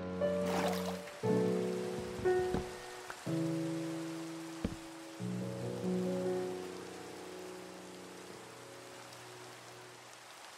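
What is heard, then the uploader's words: Rain falls as a steady hiss through the whole clip, with a low sea-like wash beneath it. Layered low droning tones start, stop and shift in chords, with sharp breaks near 1, 3, 4.5 and 5 seconds, then fade out toward the end. You can hear the rain, the mining and building of blocks, the sea and all the other sounds that the world brings.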